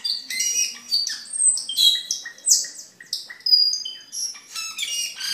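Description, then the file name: Camperling song, a lively jumble of high whistles, squeaky notes and short buzzy phrases with uneven spacing. "camperling omkicau"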